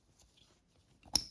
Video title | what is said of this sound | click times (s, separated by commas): Gaggia switch repair - the easy method! Simple tools. | slide these back in and they'll click in | 1.2 s